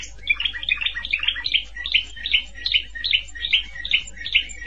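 Canary song of quick, rhythmic chirping phrases repeated about twice a second, with a low background hum.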